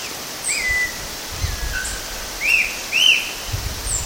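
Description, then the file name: Rufous-tailed Attila with two drawn-out falling whistles followed by two short arched whistled notes, plus faint high chips in the background. Recorded at Itiocachoeira, Mogi das Cruzes, São Paulo state, Brazil, on 7 February 2015. "Attila-phoenicurus 1-itiocachoeira-Mogidas Cruzes SP-BR. ASilveira"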